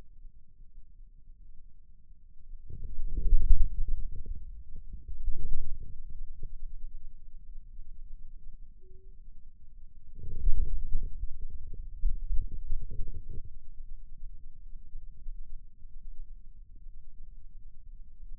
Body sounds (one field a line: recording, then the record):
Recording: forearm muscle sounds (acoustic myography)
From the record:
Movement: radial deviation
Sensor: system 2, bracelet of six BSWA MPA416 microphones around the upper forearm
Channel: 2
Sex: male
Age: 22 years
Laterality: right